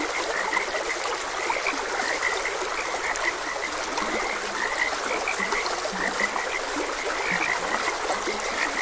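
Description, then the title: Frog chorus of quick, chirpy croaks repeating without pause, with a few lower notes, all set against steady flowing stream water. Frogs croaking beside a gentle stream. "Gentle Stream and Frogs Croaking"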